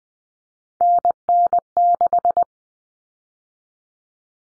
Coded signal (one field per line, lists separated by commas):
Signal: Morse code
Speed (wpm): 20 wpm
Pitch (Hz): 700 Hz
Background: none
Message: NN6